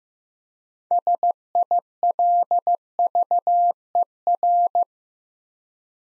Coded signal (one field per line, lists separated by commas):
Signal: Morse code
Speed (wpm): 15 wpm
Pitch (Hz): 700 Hz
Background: none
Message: SILVER